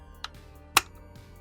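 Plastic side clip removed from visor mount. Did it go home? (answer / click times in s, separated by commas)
released / 0.2 s, 0.8 s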